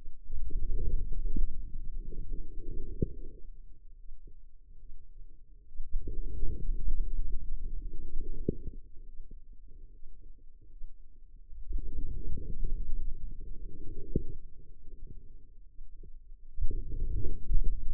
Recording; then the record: forearm muscle sounds (acoustic myography)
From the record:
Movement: outward rotation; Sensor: system 2, bracelet of six BSWA MPA416 microphones around the upper forearm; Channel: 5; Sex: female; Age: 25 years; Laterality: right